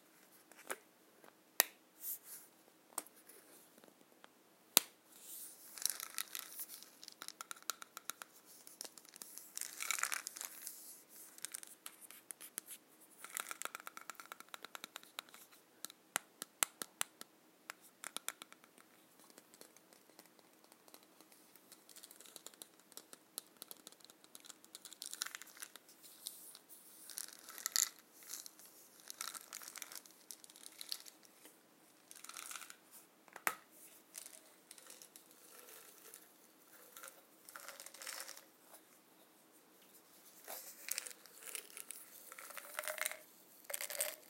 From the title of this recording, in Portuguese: sons de comprimidos